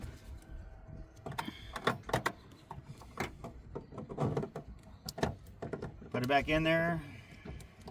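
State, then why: Not seated. Someone talks while handling the turn signal bulb socket, now holding a new Lasfit 7443 LED bulb, as it goes back into the tail light housing of a 2015 Honda Accord, with short handling clicks and taps around 1.4–2.3 s and 5.1–5.2 s. The clip ends before the socket goes home, so nothing has seated or clicked yet.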